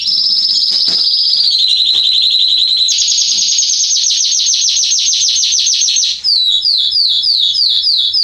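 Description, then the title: Canary song: a smooth high trill gliding slightly down, then a fast even rolling trill, ending in a series of sharp repeated downslurred notes. Male Belgian canary singing a lot, used to warm up and train young canaries. "Canary Training. Esquente Seu Filhote E Canario Belga Macho Cantando Muito. CANTO DO CANRIO"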